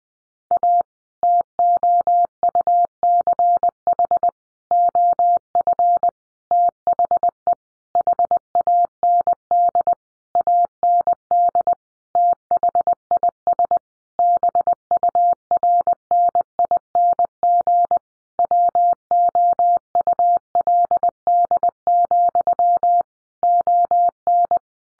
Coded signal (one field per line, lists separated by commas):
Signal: Morse code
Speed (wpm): 20 wpm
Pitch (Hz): 700 Hz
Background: none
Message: A TOUCH OF THE HAND AND THIS BURNING WOULD, ON